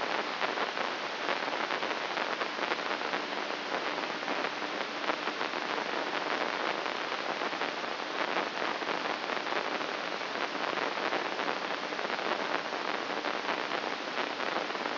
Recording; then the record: brain microelectrode recording played as sound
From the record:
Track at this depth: inside the subthalamic nucleus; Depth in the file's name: 5.283 mm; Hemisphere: left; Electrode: 2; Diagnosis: Parkinson's disease